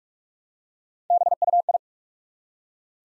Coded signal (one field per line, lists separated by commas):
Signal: Morse code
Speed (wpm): 44 wpm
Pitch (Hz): 700 Hz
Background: none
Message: BUI